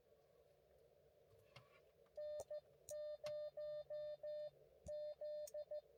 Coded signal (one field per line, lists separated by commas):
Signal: Morse code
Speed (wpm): 15 wpm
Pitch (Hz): 600 Hz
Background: none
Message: N0Z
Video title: 20241220 Five Park POTA Run - Three Outta Five Ain't Bad